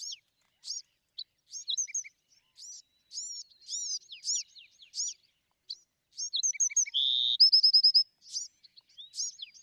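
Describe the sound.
Bewick's wren song: a busy stream of high slurred chips leading into a buzzy trill and a rapid sequence of clear repeated notes, chips continuing afterward.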